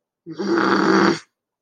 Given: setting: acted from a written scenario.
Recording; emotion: vocal sound without words; anger